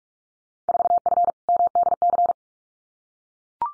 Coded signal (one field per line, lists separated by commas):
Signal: Morse code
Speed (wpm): 44 wpm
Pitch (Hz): 700 Hz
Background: none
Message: 4F MDC